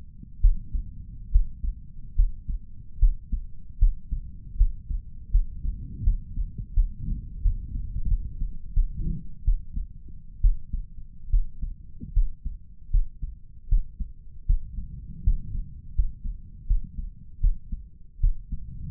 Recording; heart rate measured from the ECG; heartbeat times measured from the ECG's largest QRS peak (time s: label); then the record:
heart sounds by stethoscope; 78 bpm
0.40 s: heartbeat
1.31 s: heartbeat
2.15 s: heartbeat
2.99 s: heartbeat
3.78 s: heartbeat
4.57 s: heartbeat
5.31 s: heartbeat
6.03 s: heartbeat
6.74 s: heartbeat
7.42 s: heartbeat
8.08 s: heartbeat
8.73 s: heartbeat
9.44 s: heartbeat
10.41 s: heartbeat
11.30 s: heartbeat
12.13 s: heartbeat
12.90 s: heartbeat
13.68 s: heartbeat
14.46 s: heartbeat
15.23 s: heartbeat
15.94 s: heartbeat
16.67 s: heartbeat
17.40 s: heartbeat
18.20 s: heartbeat
From the record:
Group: healthy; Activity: rest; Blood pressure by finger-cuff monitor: 167/110 mmHg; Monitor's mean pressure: 124 mmHg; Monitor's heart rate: 77 bpm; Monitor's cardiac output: 5.3 L/min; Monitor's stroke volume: 70 mL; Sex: male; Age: 35 years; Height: 178 cm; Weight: 64 kg